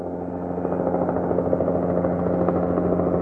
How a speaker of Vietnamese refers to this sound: Tiếng cánh quạt trực thăng mỗi lúc một rõ ràng hơn.